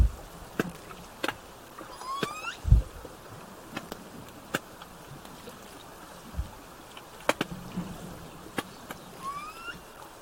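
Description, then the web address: Killer whale calls: a harmonic call sweeping upward early on and a similar upswept call near the end, with many sharp clicks and low thumps over hiss. Southern Resident killer whales, calf present, bouts recorded 17 September 2024, roughly 16:32 to 17:50. "SRKW bouts 240917-1700-OS-L 90 calf 240917-1632-1750-OS-L 90 calf"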